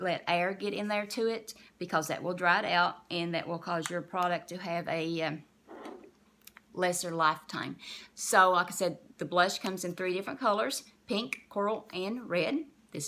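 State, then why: Seated. A plastic cushion compact lid is pressed shut over the puff and blush product onto the compact base, snapping closed so air cannot get in and dry the product out. Someone talks throughout, and two sharp clicks are heard at 6.5 s and 6.6 s as the lid snaps fully shut.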